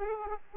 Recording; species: mosquito wingbeat signal from an infrared sensor; Aedes aegypti